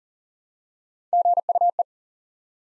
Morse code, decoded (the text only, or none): GUE